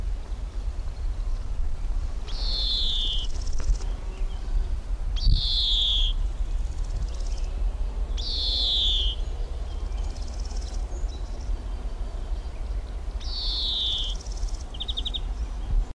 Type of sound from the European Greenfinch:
song